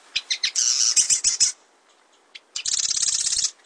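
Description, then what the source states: Marsh Wren song: a few ticking notes leading into a grating, buzzy rattle, a pause, then another dry rattling burst. Song likened by Audubon to the grating of a rusty hinge, and by Wilson to air bubbles forcing their way through mud.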